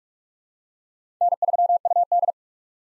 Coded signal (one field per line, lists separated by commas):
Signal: Morse code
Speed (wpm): 46 wpm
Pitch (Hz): 700 Hz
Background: none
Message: N3UD